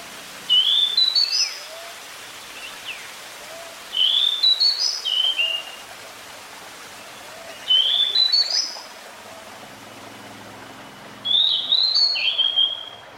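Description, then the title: Pied Bushchat song: four matching phrases of bright whistled notes, repeated about every three to four seconds, with faint other chirps and hiss. Decu song used to fix a captive bird that has stopped singing; a territorial, fighting-type bird. "Mengatasi burung decu yang macet bunyi"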